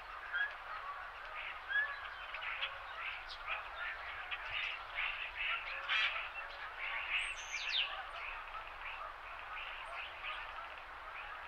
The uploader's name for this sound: Winter Morning Birds and Geese